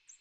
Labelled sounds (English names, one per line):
American Redstart flight call